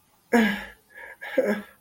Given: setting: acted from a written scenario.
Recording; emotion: vocal sound without words; distress